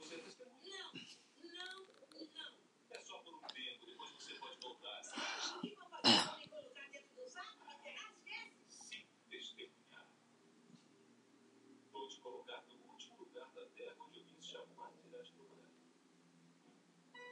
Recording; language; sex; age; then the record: spoken sentence; Brazilian Portuguese; female; 70 to 79 years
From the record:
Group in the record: control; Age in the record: 70 years